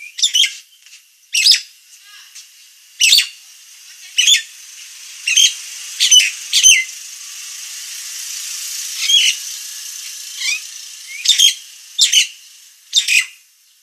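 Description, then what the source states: Nias hill myna calls: loud, sharp squawks and whistled notes spaced a second or two apart over a steady background hiss. Persistent, full-voiced singing described as 'gacor' and noisy.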